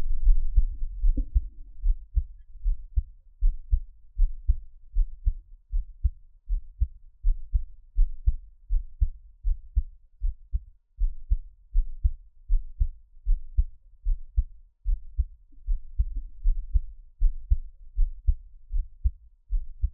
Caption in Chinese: 獻上我的心跳 | Give my Heartbeat| NO Talking。 心音的每月一更。